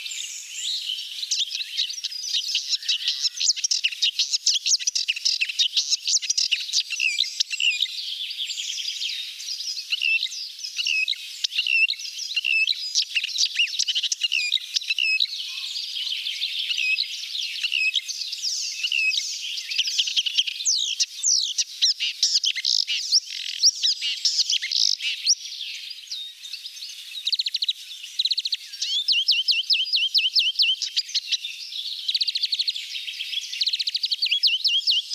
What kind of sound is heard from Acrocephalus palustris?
song